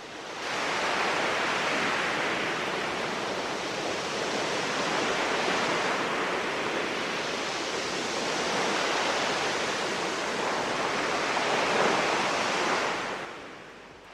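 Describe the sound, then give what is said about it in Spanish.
Waves of the Cantabrian Sea roar in a steady, hissing wash of surf, swelling and easing gently for about thirteen seconds before fading out, with no voices. “¿Sienten las olas del Cantábrico?”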